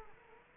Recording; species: mosquito wingbeat signal from an infrared sensor; Culex quinquefasciatus